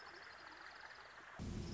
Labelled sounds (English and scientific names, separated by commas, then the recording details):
Orange-crowned Warbler (Leiothlypis celata)
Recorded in Sonoma County, California